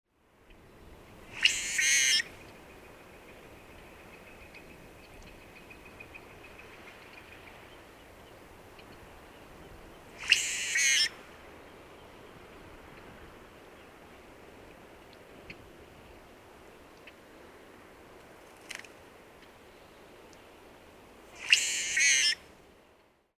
Brewer's Blackbird song recorded in Moraine Park in Rocky Mountain National Park.